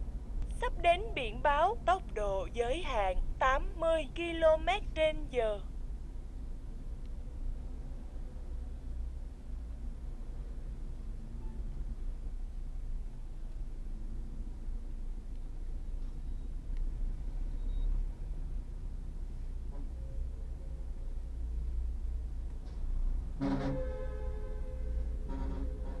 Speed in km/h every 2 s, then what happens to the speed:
35, 27, 20, 15, 8, 5, 7, 11, 16, 15, 12, 12, 9.
0-9 slows to 5. 11-16 speeds up to 16. 16-26 slows to 9.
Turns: none.